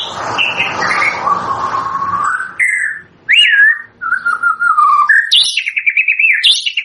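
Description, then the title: White-rumped shama song with long sliding whistles, a looping upslurred note, then a quick warbled trill at the close. Lure song used for trapping (pikat); lively singing bird (gacor). "PANCINGAN MURAI BATU GACOR"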